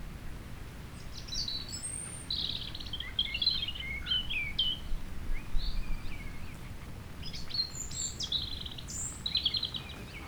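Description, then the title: European robin singing a sequence of high, fluty and trilled phrases, varied in pitch and spaced by short silences, with low wind noise throughout. Chindrieux, France; sunny sloping lawn at Châtillon beach, sheltered from the north wind; robin singing not far away; wind rumbling in the trees. "Chem. des Rubellines, Chindrieux, France - rouge gorge"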